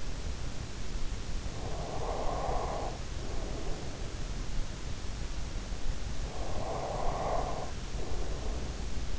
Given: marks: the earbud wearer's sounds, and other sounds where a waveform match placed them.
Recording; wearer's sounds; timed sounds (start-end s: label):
sounds in sleep by an in-ear microphone; breath
1.50-4.44 s: breath
6.33-9.19 s: breath